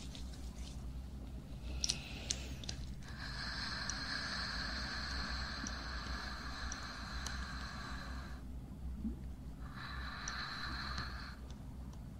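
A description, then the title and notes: Ear cleaning and massage with a steady low rumble underneath throughout. A few sharp clicks come near the start, then a rubbing hiss with a bright whine runs from about three to eight seconds, pauses, and briefly returns near the end. ASMR Ear cleaning & Ear massage.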